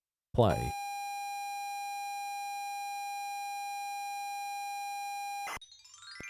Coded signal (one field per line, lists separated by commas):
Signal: ZX Spectrum tape loading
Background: speech